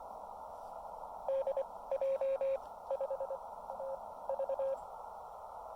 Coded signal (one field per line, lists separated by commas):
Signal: Morse code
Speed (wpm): 25 wpm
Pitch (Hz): 540 Hz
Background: radio noise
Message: DJ5TV